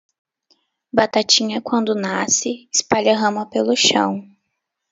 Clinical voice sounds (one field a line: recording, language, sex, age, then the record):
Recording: short text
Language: Brazilian Portuguese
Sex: female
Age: 20 to 29 years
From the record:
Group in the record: control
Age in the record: 23 years